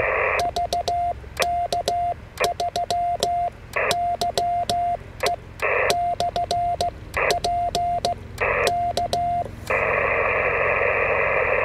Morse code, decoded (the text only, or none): VK3YE/P K